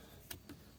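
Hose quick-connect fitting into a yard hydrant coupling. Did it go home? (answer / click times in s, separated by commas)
yes / 0.3 s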